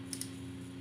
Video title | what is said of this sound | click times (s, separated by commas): Let's Play Lightseekers Ep. 1 The Awakening | I don't if you hear that snap let me play that let me do that for you again okay | 0.1 s, 0.2 s